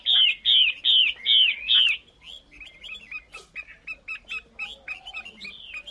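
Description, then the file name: Chinese hwamei song: a steady run of loud slurred whistles, followed by quieter, varied chattering notes. Female hwamei singing. "Tieng chim hoa mi mai hot"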